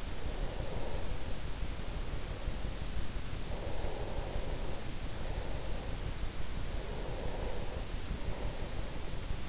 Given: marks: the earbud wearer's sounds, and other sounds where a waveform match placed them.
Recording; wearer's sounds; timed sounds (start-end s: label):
sounds in sleep by an in-ear microphone; breath
0.00-3.14 s: breath
3.43-9.43 s: breath